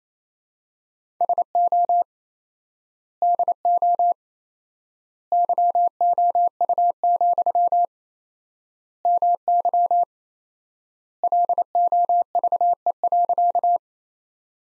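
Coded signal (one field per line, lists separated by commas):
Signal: Morse code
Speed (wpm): 28 wpm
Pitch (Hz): 700 Hz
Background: none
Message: SO DO YOU, MY LOVE.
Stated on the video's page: Morse practice sentences built from the top 400 words, sent at 28 wpm with 4x standard word spacing, similar to Farnsworth but for words.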